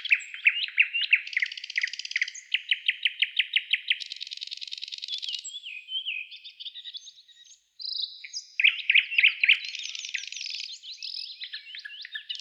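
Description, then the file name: Nightingale singing rapid repeated strokes in trilled series, buzzy rattles, whistled slurs, and a short gap before a fresh burst of fast notes. "Solovey Trel"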